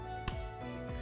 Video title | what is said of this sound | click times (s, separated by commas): Jeep JK Wrangler Install: OE-Style Taillight Assemblies | the connection onto the back of the tail light listen for a snap once again and you're good to go | 0.3 s